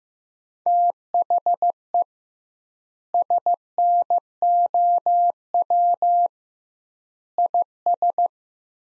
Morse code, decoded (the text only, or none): THE SNOW IS